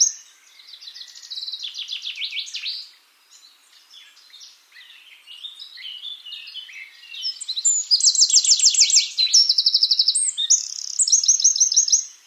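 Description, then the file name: Eurasian wren song: loud, rapid high trills and tinkling phrases, with a quieter passage between the loud bursts. "Troglodytes troglodytes"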